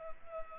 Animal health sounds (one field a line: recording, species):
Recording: mosquito wingbeat signal from an infrared sensor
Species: Culex pipiens